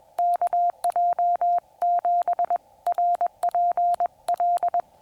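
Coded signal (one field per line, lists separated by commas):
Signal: Morse code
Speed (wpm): 21 wpm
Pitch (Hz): 700 Hz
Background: none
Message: KJ7RPL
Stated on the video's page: Morse during combined POTA and SOTA summit activation, on 15 meters and on 144.200 MHz 2 meters.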